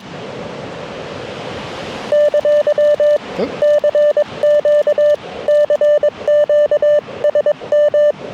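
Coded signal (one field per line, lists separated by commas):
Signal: Morse code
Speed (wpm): 21 wpm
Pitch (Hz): 590 Hz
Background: none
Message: ! CQ CQ SM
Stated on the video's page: SOTA summit activation on a hike-up mountain; bands were very poor.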